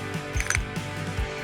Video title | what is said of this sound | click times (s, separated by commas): Gas Lift and Actuator Valves | you notice you'll feel it see feel it lock into place and then so you've changed the discs | 0.5 s